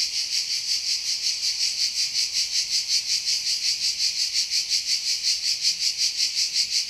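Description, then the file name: Cicada song, a high buzzing drone pulsing evenly about three times a second without pause. "CHANT CIGALE"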